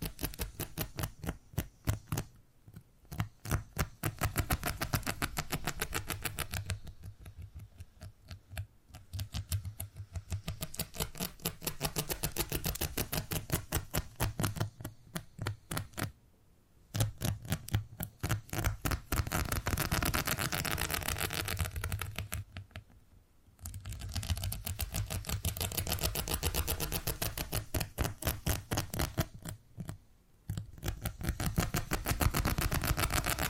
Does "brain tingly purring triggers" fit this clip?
yes